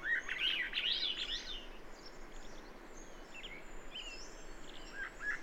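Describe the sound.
Bird song: a burst of rapid, jumbled high chirps and trills in the first two seconds, then scattered faint whistled notes over steady background noise.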